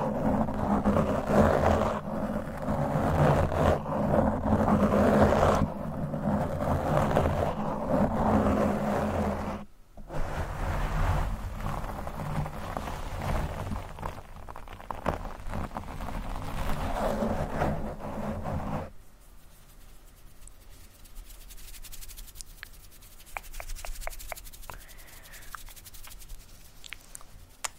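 A microphone is brushed and scratched, making a dense, steady rustling roar for most of the first nineteen seconds, broken by a short silence near ten seconds. After that the rubbing drops away, leaving a quieter stretch of sharp, rapid taps and clicks.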